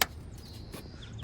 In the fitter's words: Make sure it clicks.